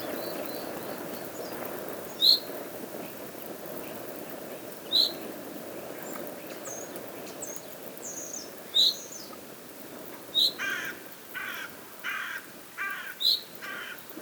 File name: Corvus corone